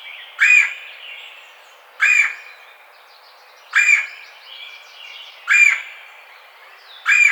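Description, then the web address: Red-bellied woodpecker uttering five harsh rolling churrs, evenly spaced about every one and a half seconds, over quiet background bird twitters. Recorded 4 May 2009. "Red-bellied Woodpecker 2009 05 04"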